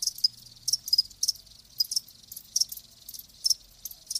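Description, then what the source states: Cricket chirping in short, shrill bursts with brief quieter gaps between. Live crickets chirping, presented as a sleep sound.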